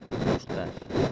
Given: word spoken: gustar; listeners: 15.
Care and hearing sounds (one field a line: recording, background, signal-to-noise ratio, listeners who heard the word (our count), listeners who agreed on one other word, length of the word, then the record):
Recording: one Spanish word in noise, from a listening test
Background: noise modulated by one talker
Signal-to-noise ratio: -8.6 dB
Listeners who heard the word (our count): 4 of 15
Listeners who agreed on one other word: 8 of 15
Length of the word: 0.72 s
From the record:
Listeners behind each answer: 8, 4, 1, 1, 1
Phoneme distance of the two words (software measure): 20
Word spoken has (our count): 2 syllables, 6 phonemes, stress on syllable 2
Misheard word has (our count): 2 syllables, 6 phonemes, stress on syllable 2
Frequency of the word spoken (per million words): 4.20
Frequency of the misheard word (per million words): 92.75